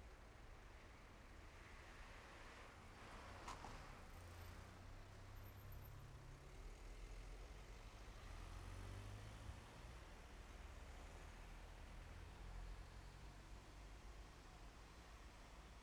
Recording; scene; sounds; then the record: everyday scene through a hearing-aid microphone; in traffic; traffic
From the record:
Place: main road on the outskirts, rush hour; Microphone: behind the ear, left, front